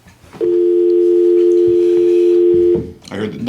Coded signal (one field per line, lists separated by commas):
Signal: telephone call progress tone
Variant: North America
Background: speech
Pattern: dial tone